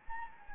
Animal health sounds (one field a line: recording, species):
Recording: mosquito wingbeat signal from an infrared sensor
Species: Anopheles gambiae